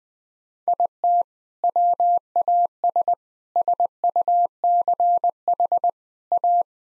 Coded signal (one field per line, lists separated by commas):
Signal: Morse code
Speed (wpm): 20 wpm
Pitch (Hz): 700 Hz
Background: none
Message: IT WAS SUCH A